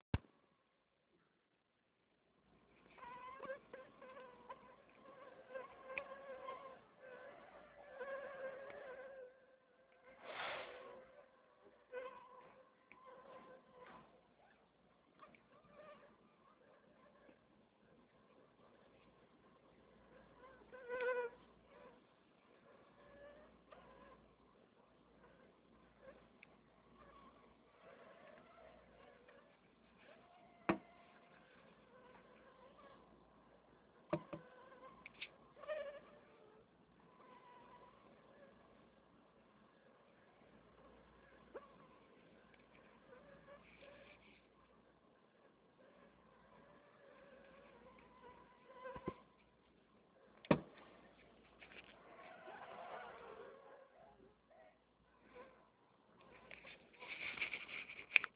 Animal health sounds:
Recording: mosquito flight sound by mobile phone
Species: Anopheles stephensi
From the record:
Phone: Nokia 6555B

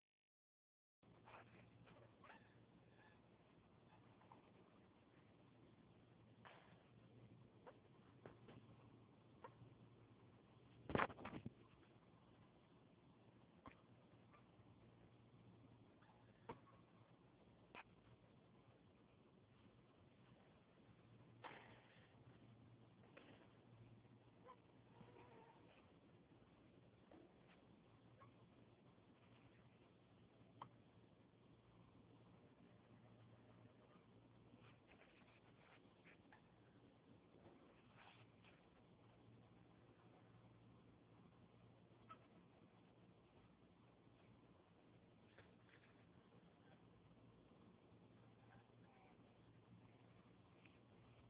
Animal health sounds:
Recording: mosquito flight sound by mobile phone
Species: Anopheles stephensi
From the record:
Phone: Huawei 866C

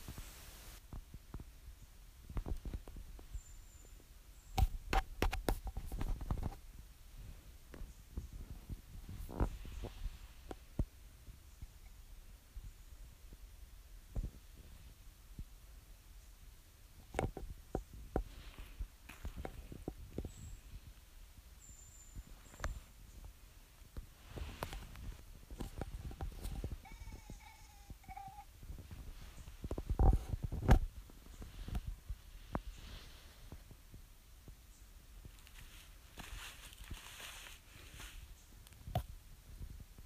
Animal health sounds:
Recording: mosquito flight sound by mobile phone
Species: Aedes sierrensis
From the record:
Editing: field recording with all noises

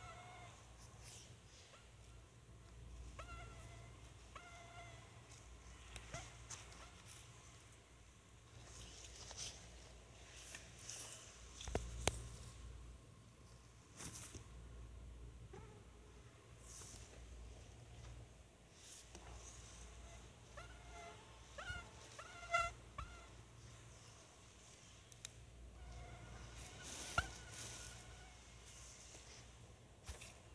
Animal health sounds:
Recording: mosquito flight sound by mobile phone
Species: Anopheles albimanus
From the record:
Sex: male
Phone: Sony Xperia

